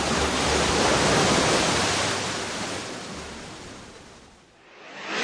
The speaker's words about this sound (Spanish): Playa Salvaje, donde las rocas golpean al mar.